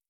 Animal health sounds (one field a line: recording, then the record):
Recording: hydrophone in a shrimp aquaculture tank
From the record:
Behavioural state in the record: stressed